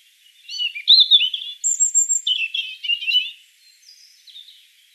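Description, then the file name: European robin song, a rapid run of varied high warbles, thin sliding whistles and short trills, quieter at the end. "Erithacus rubecula 240702"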